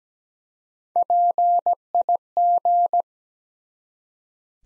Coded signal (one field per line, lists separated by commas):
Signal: Morse code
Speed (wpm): 17 wpm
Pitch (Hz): 700 Hz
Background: none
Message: PIG